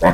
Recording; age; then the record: pig call; piglet (1 to 25 days)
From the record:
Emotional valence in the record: positive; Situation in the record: reunion after long isolation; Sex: female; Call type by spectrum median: low-frequency call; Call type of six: low-frequency tonal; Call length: 0.13 s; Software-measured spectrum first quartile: 388 Hz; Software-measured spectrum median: 625 Hz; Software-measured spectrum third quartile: 1049 Hz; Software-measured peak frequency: 572 Hz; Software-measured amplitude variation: 111 dB a second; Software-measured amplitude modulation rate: 11.2 a second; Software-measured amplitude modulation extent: 9.9 dB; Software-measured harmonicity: 1.8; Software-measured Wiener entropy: -1.20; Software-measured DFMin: 520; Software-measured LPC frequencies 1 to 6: 570, 950, 1819, 3342, 6200, 8202 Hz